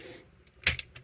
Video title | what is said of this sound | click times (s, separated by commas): Chuck's Reviews Transformers Studio Series 86 Devastator | all the way until it snaps into place. | 0.7 s